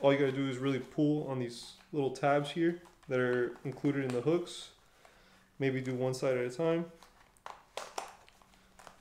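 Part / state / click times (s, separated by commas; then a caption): holster belt hooks onto trouser waistband / seated / 7.5 s, 7.8 s, 8.0 s. Someone talks while working the plastic hooks of a Bravo Concealment Torsion 3.0 inside-the-waistband holster for a Glock 19 onto a trouser waistband, pulling on the small tabs built into the hooks and doing one side at a time. Sharp clicks sound at 7.5, 7.8 and 8.0 seconds as the hooks snap on, and the holster is seated on the waistband.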